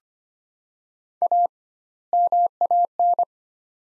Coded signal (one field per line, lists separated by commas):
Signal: Morse code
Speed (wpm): 25 wpm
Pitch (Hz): 700 Hz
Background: none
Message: A MAN